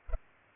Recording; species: mosquito wingbeat signal from an infrared sensor; Culex pipiens